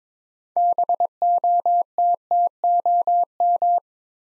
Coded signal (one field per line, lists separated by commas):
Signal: Morse code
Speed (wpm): 22 wpm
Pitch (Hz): 700 Hz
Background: none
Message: BOTTOM